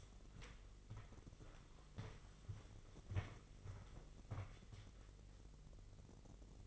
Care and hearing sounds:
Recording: daily activity, microphone in the room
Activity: walk to room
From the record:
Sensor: 4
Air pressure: 996.4 hPa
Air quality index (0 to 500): 68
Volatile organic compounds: 2 ppm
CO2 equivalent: 1251 ppm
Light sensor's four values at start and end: 19/53/20/22 and 17/48/18/20

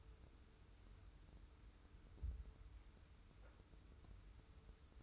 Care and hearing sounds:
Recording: daily activity, microphone in the room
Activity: wipe stove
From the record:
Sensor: 2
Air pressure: 990.3 hPa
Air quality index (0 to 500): 200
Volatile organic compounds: 1000 ppm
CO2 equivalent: 6406 ppm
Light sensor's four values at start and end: 32/76/31/31 and 32/76/31/31

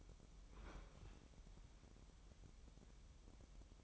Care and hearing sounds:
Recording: daily activity, microphone in the room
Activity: open fridge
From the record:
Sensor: 1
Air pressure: 988.4 hPa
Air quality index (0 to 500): 199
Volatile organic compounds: 1000 ppm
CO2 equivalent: 5310 ppm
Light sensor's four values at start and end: 26/97/37/38 and 26/97/37/38

